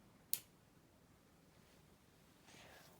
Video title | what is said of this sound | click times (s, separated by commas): How to Change Tandem T:Slim X2 Pump Site - with AutoSoft 30 Infusion Set (from Type 1 Diabetic) | and it'll click right in | 0.3 s